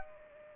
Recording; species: mosquito wingbeat signal from an infrared sensor; Aedes aegypti